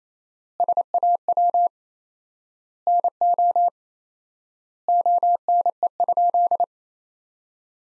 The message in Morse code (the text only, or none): SAW NO ONE?